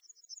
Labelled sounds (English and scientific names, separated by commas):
Yellowhammer (Emberiza citrinella) song